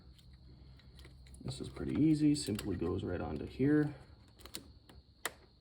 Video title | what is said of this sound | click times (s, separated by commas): 2007 Jeep Wrangler- Water pump and thermostat replacement- What Could Go Wrong??? | listen for the click | 5.3 s